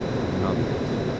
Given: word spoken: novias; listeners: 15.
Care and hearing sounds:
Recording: one Spanish word in noise, from a listening test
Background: speech-shaped noise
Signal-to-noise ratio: -6.0 dB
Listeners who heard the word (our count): 1 of 15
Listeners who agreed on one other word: 6 of 15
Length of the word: 0.80 s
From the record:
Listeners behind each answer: 6, 1, 1, 1, 1, 1, 1, 1, 1, 1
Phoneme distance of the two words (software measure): 17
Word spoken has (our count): 2 syllables, 6 phonemes, stress on syllable 1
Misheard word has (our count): 2 syllables, 5 phonemes, stress on syllable 1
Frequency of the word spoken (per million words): 2.72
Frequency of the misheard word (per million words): 18.33

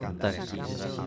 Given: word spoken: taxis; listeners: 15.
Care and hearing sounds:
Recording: one Spanish word in noise, from a listening test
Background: eight-talker babble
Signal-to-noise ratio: 0.5 dB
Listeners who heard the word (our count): 2 of 15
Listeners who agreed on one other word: 7 of 15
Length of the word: 0.67 s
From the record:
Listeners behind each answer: 7, 2, 2, 1, 1, 1, 1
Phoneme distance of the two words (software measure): 50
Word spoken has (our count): 2 syllables, 6 phonemes, stress on syllable 1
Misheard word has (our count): 2 syllables, 6 phonemes, stress on syllable 2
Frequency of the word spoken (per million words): 6.36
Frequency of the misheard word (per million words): 24.15

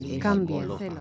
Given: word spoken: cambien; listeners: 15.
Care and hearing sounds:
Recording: one Spanish word in noise, from a listening test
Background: four-talker babble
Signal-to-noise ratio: 6.8 dB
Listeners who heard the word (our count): 1 of 15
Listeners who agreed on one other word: 11 of 15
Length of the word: 0.61 s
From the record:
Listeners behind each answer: 11, 3, 1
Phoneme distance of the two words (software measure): 17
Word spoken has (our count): 2 syllables, 7 phonemes, stress on syllable 1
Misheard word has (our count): 2 syllables, 6 phonemes, stress on syllable 1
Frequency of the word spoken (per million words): 2.80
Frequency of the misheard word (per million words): 306.85

